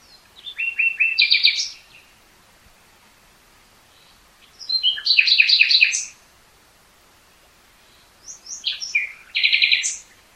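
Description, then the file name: Common nightingale song: three phrases separated by pauses, each a run of quickly repeated notes ending in a rapid stuttering trill. "Luscinia megarhynchos"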